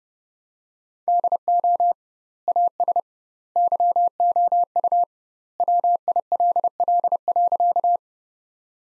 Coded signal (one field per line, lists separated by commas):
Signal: Morse code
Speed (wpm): 32 wpm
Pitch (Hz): 700 Hz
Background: none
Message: DO AS YOU WILL.